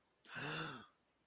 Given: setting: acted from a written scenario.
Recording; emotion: vocal sound without words; negative surprise